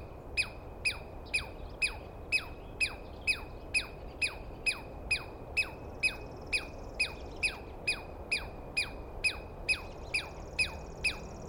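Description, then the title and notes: Douglas squirrel calling: sharp squawking notes with a steep downward slur, repeated about twice a second in a steady series, with faint birdsong behind. Douglas pine squirrel screaming at length at dawn, morning of 21 April 2017, East Cascades. "Interview With The Chipmunk. On the morning of 21 April, 2017, I set up my microphones and recorder for a nice dawn recording in the East Cascades. I was started awake by a screaming Douglas Pine Squirrel"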